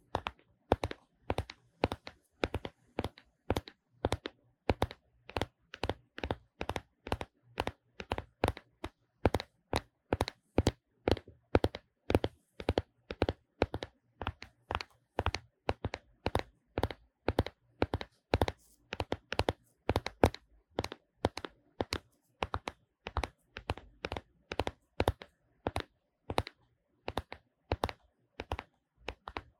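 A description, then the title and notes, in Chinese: A phone and a camera lens are knocked together in a steady series of sharp, bright taps, roughly two each second for the whole half minute. Each tap is short and crisp, with near silence between, and the rhythm stays even and unhurried throughout. 手機&相機鏡頭敲擊 | Phone Tapping | NO Talking | LO-FI。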